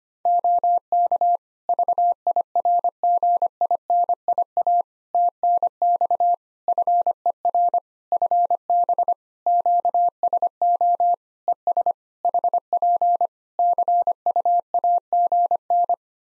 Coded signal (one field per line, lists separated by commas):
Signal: Morse code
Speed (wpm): 25 wpm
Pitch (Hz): 700 Hz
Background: none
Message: OK VIRGINIA TNX FER FB QSO ES HP CUAGN